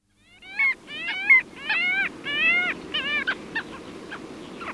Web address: arctic skua